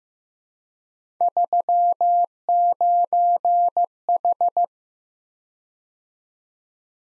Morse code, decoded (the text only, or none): 39H